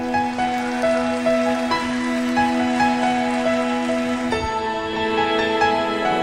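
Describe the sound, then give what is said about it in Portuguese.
A steady wash of crowd applause offered to God, dense and continuous, carries over sustained musical chords that shift once midway; no one speaks. “Aplauda Ele.”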